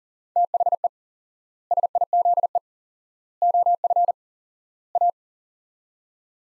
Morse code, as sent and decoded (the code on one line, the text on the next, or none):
- .... . / ... .. --.. . / --- ..-. / .-
THE SIZE OF A